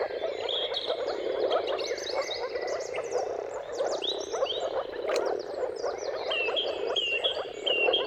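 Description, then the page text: Moor frog chorus, a steady mass of low bubbling calls from many frogs, while several birds sing clear whistled and trilled phrases above. Mating calls of moor frogs in a chorus at sunrise, at the turn of March and April depending on the weather. "earth-fm Jakub-Orzecki moor frogs. Dawn’s Chorus: Mating Calls of Marsh Frogs at Sunrise. Depending on the weather at the turn of March and April, you can witness an amazing spectacle of moor frogs"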